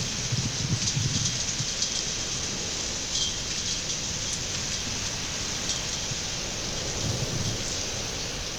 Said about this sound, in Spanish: Estoy trabajando ahora que empezó a llover